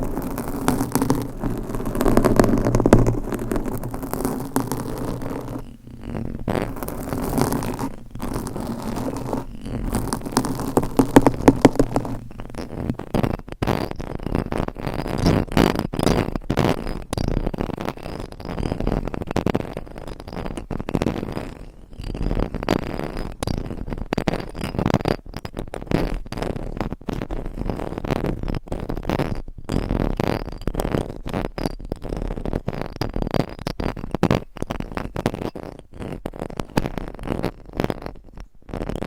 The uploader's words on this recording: ASMR Hypnotic Triggers Changing Every 60 Seconds Scratching , Tapping , Massage etc No Talking.